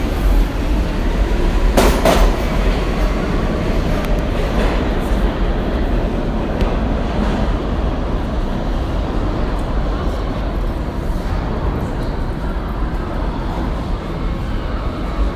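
A subway ride in New York City: a steady, heavy low rumble of the train fills the whole stretch without letup. Brief clanks and rattles rise over it, clustered near the start around two seconds, with fainter squeaks scattered later.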